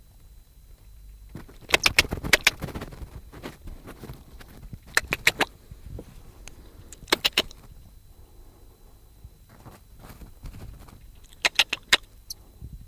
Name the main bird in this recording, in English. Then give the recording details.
Western Bonelli's Warbler. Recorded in captivity. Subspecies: bonelli. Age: juvenile. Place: Zoologisches Institut Universität Tübingen, Baden-Württemberg, DE. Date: 1969-07-05. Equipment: Nagra III PH, MD 211, PES 26. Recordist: Schneider, Hans-Joachim